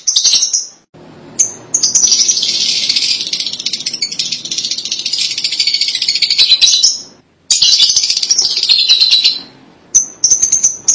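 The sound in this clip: Lovebird chattering, a dense buzzy twitter of high squeaky notes sustained for several seconds, broken by short pauses and single sharp chirps.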